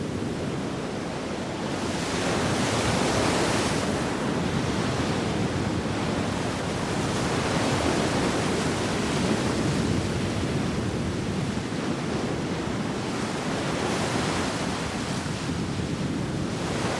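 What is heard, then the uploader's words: Ocean waves wash in a constant, dense roar with no quiet gaps. Louder surges swell in around three, eight to ten, and fourteen seconds, bringing a brighter hiss of spray over the deep, steady rumble of the surf. Ocean Waves for 10 Hours. Soothing ocean waves.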